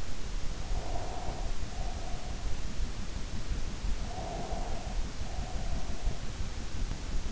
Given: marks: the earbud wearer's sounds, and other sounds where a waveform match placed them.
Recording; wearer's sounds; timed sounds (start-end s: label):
sounds in sleep by an in-ear microphone; breath
0.72-2.51 s: breath
3.97-6.21 s: breath